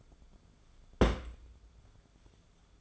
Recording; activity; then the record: daily activity, microphone in the room; place on stove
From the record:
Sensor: 5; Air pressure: 1010.5 hPa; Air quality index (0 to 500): 112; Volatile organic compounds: 2 ppm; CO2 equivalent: 1100 ppm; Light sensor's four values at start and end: 542/1386/574/657 and 559/1416/589/677